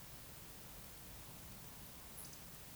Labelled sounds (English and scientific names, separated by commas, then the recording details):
Eurasian Woodcock (Scolopax rusticola) whistle, Eurasian Woodcock (Scolopax rusticola) croak
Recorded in Baden-Württemberg, Germany, on 11 June 2021 at 20:08 UTC
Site 24606, 635 m above sea level